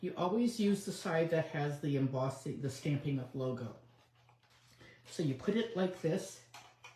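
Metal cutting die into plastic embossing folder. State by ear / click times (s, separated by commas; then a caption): not seated / none. Someone talks while a thin metal cutting die is positioned against its recess on the logo side of a plastic embossing folder, with faint handling sounds in the pause and near the end. The die has not yet popped into place; nothing has seated or clicked by the end of the clip.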